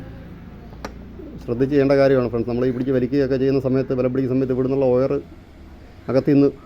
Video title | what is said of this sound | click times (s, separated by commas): yamaha fz v3 f i fuel pump not working after engine setting🤔 Thiruvananthapuram | വെച്ചിട്ട് വേറെ ഒന്നും ചെയ്യേണ്ട ആവശ്യമില്ല പ്രസ്സ് ചെയ്താൽ മതി ഓട്ടോമാറ്റിക് ലോക്ക് ആയിക്കോളും ശ്രദ്ധിച്ചു | 0.9 s